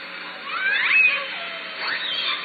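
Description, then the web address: Killer whale call: a rising harmonic squeal peaking in a brief high whistle, followed by a softer second upward sweep, over continuous underwater hiss. Southern Resident killer whales; calls recorded at Lime Kiln in June. "SRKW call-catalog Orca Calls Lime Kiln June"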